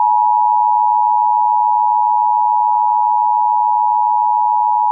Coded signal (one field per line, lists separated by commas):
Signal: Emergency Alert System (SAME) tones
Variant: 853 and 960 Hz attention tone